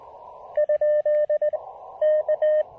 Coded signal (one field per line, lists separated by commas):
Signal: Morse code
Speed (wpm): 20 wpm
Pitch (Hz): 600 Hz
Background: radio noise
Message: ? K